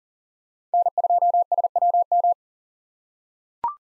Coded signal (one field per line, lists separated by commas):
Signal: Morse code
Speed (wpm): 38 wpm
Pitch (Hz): 700 Hz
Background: none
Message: N2SWM